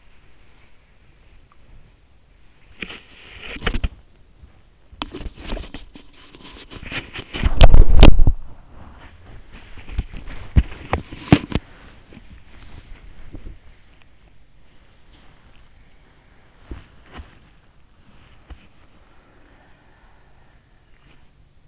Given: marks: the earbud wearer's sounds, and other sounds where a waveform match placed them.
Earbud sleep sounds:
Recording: sounds in sleep by an in-ear microphone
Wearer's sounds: body movement, breath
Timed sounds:
0.00-21.67 s: body movement
18.11-21.46 s: breath

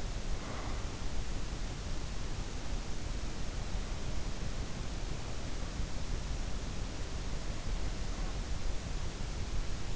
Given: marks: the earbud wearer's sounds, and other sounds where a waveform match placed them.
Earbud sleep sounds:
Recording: sounds in sleep by an in-ear microphone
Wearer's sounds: breath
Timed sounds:
0.00-1.75 s: breath

